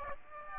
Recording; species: mosquito wingbeat signal from an infrared sensor; Aedes aegypti